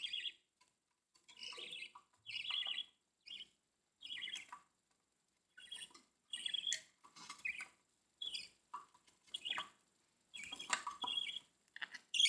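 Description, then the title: Budgerigar chatter, a busy run of short scratchy chirps and warbled notes in quick irregular bursts, with brief pauses between phrases. "Budgie Sounds"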